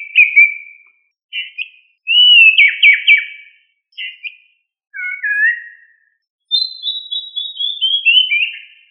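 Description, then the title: Thrush song: clear whistled phrases separated by short pauses, some warbled and trilled, ending in a long descending run of notes. "Familia Turdidae - Sabia"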